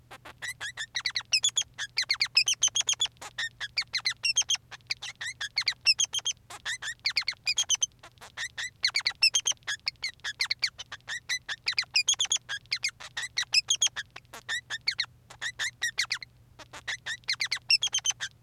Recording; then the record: song of a male Bengalese finch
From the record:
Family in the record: son of father 3